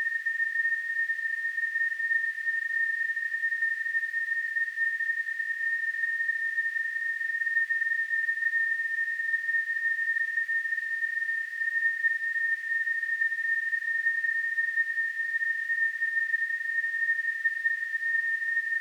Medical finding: Tinnitus.